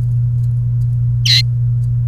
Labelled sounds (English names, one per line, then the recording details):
Domestic Canary song
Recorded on 29 April 2018 at 13:42
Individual llb3